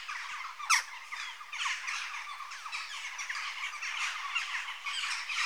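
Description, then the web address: Jackdaw flock chatter, a dense stream of clipped, squawky calls overlapping throughout, with one sharp click early on. Adult birds. "BBC Sound Effects Library Birds Jackdaw (Corvus Monedula) Adults"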